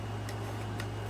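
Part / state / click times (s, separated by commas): plastic model kit part into its mating slot on the starship model / not seated / none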